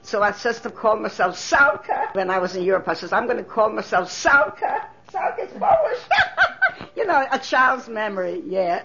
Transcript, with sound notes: So I says to myself in --- when I was in Europe I says, "I'm going to call myself Solka." Solka is Polish. -- [Laughs] you know -- a child's memory, yeah.